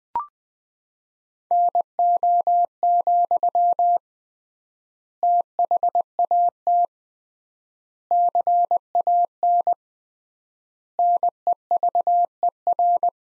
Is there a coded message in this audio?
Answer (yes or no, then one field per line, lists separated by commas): yes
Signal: Morse code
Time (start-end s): 1.5-13.1 s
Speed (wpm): 20 wpm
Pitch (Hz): 700 Hz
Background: none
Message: NO, THAT CAN NEVER